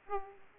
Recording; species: mosquito wingbeat signal from an infrared sensor; Aedes aegypti